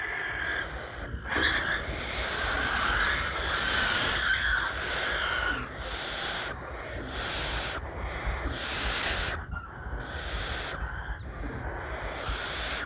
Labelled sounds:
Western Barn Owl call

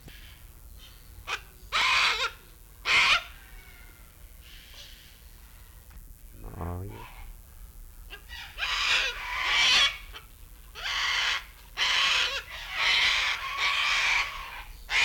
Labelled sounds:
Sulphur-crested Cockatoo call

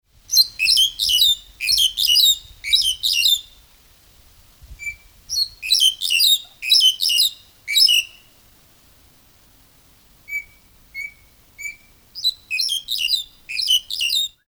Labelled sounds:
Black-collared Starling

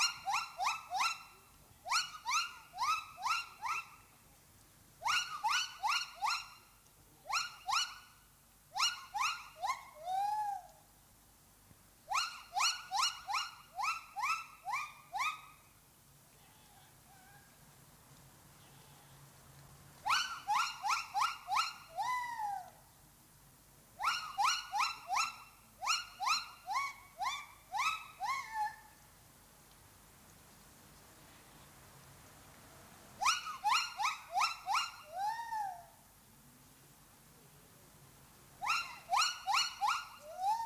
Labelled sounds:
Silvery Javan Gibbon

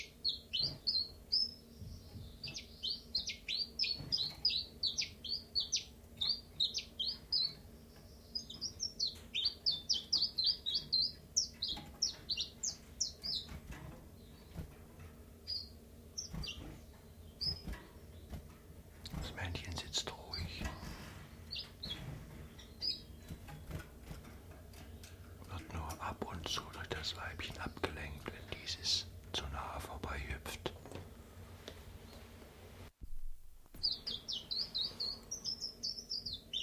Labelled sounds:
Common Chiffchaff

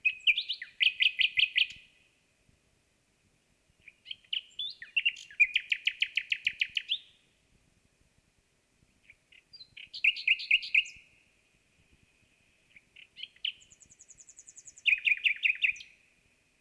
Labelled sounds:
Common Nightingale song

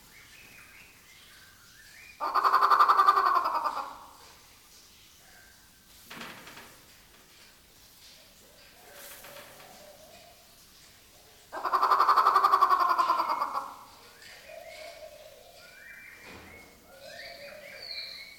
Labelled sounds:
Grey Peacock-Pheasant

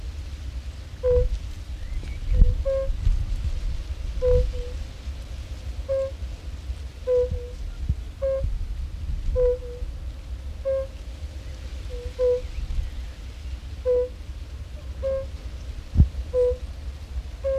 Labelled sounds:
Fire-Bellied Toad call

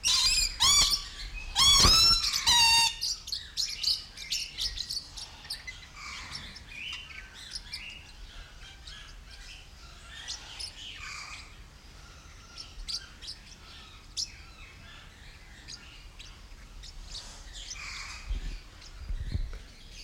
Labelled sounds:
Coconut Lorikeet trumpet call

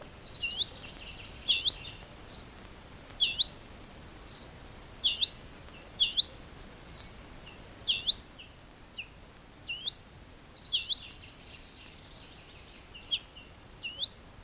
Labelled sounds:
Ortolan Bunting alarm call

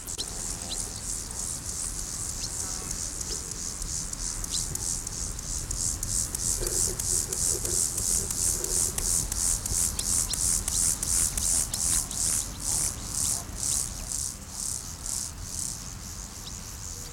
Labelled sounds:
Meadow Grasshopper stridulation

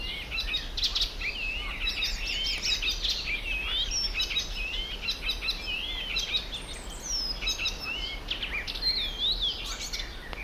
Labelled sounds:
Garden Warbler

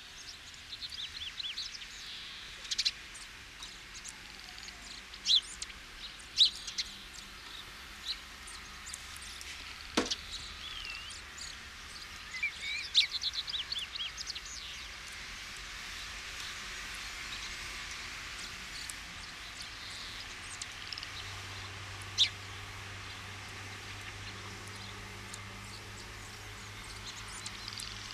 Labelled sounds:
Great Tit call

